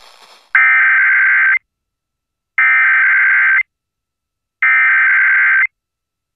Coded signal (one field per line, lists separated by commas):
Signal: Emergency Alert System (SAME) tones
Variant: header bursts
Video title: NWR RWTs and a few RMTs (EAS #983-#995)